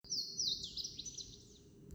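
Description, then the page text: Louisiana waterthrush song: several clear, high slurred whistles sliding downward, followed by a quick jumbled twitter that fades out. Recorded in Maryland. "Louisiana Waterthrush by Tim Emhoff via iNaturalist"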